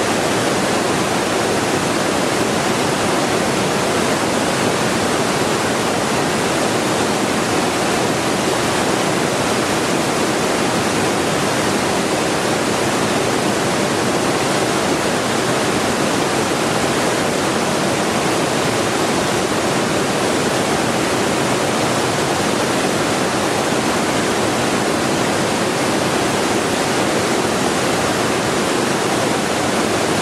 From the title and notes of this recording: White Noise of a Waterfall. Nature Sounds of a Waterfall.